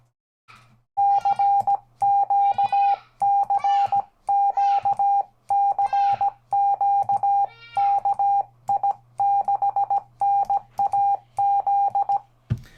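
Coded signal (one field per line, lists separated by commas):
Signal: Morse code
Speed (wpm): 17 wpm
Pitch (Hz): 800 Hz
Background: none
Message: CQ CQ CQ KI6NAZ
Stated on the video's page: CW on 20m from a repaired Hill Topper 20 QRP kit radio, on the air.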